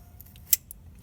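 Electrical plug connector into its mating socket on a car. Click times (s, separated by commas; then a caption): 0.5 s. An electrical plug connector, shaken clear of dirt at the roadside, is pushed back into its mating socket on a car near the wheel arch. Faint ticks around it lead to one sharp, bright click at 0.5 s, followed by a smaller tick. The connector clicks in and is seated.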